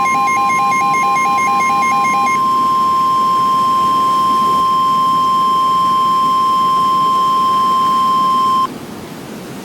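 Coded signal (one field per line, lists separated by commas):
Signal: Emergency Alert System (SAME) tones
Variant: 1050 Hz attention tone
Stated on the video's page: Recreation of a fictional EAS scenario.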